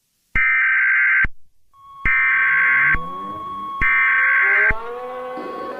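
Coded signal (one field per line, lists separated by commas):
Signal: Emergency Alert System (SAME) tones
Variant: header bursts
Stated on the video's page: Fictional EAS scenario.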